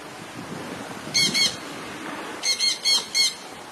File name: canto da jandaia verdadeira